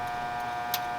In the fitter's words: you'll hear it click